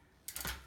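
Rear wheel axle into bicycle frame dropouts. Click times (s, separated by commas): 0.3 s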